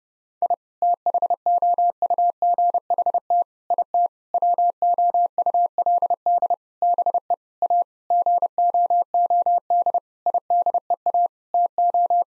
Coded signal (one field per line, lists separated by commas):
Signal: Morse code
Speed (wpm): 30 wpm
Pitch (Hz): 700 Hz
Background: none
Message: I THOUGHT IT WOULD BE A GOOD IDEA TO